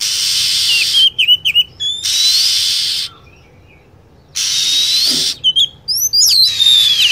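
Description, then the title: Lovebird calls: dense high chatter, then quick stuttering chirps, a silent gap, and more chatter ending in shrill, wavering whistles. Lure sound for attracting birds. "PIKAT BURUNG LOVEBIRD"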